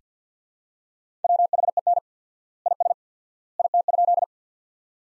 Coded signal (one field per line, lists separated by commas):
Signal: Morse code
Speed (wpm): 48 wpm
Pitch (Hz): 700 Hz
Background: none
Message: WHEN IS IT?